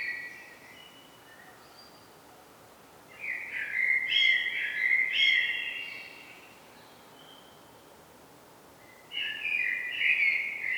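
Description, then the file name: Common blackbird song: mellow warbled phrases, low and fluting with brief higher flourishes, separated by seconds of quiet. "Turdus merula"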